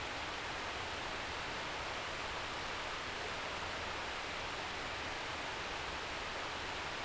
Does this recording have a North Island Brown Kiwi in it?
no